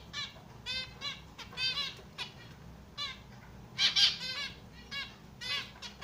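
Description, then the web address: Society finch producing a busy series of harsh, buzzy, nasal notes, some louder bursts near the middle, over a low background hum. Domestic society finches shown biting and singing. "amadiny kusayut i poyut. lonchura striata domestica"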